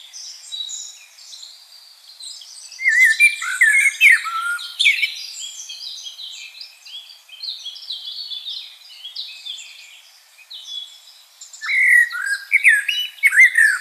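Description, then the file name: Common blackbird song: soft high twitter, then mellow warbling phrases mixed with high squeaky twittering, a long quieter run of twitter, then another warbled phrase at the end. "Turdus merula"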